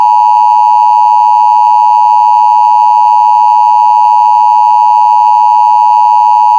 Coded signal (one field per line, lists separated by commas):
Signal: Emergency Alert System (SAME) tones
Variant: 853 and 960 Hz attention tone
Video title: A Yo-Kai's Worst Nightmare. EAS Scenario #2